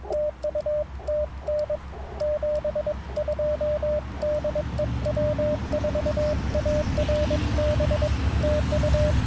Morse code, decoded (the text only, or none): TU TN 72 DE W4ARB TU